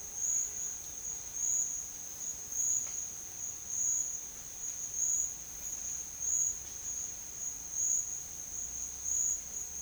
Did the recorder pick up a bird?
no